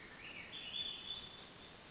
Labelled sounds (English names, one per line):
Swainson's Thrush